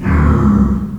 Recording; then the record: squeal of a Yucatan mini pig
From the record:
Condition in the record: after surgery on the right vocal fold (resection and tissue-engineered implant); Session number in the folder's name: 17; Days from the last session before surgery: 195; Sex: female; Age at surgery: 19 weeks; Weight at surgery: 25 kg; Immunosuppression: prednisolone